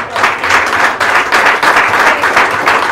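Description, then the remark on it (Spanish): An audience applauds for Jesus during a sermon, a dense, steady wash of many hands clapping that swells and dips slightly in waves, loud and sustained throughout with no voices standing out. “Vamos, denle un aplauso a Jesús.”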